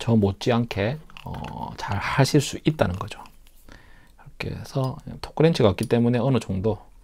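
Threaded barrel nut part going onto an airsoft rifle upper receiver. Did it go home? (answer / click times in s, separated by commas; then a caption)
no / none. Someone talks while a threaded barrel nut part, with Loctite applied, is tightened by feel onto an airsoft BRN-180S upper receiver because there is no torque wrench. Two faint, brief handling sounds come at about 3.5 and 3.7 seconds. Nothing has seated or clicked yet.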